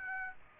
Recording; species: mosquito wingbeat signal from an infrared sensor; Aedes aegypti